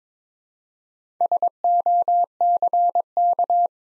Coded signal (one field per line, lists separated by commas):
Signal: Morse code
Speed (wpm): 22 wpm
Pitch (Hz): 700 Hz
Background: none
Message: SOCK